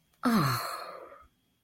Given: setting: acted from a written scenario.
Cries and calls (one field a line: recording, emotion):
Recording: vocal sound without words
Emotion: relief